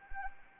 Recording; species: mosquito wingbeat signal from an infrared sensor; Anopheles arabiensis